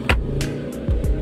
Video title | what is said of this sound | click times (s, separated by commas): Masalah Kereta Myvi Dan Alza dekat gear | Yang ni kira dah lock atas bawah. | 0.1 s, 0.4 s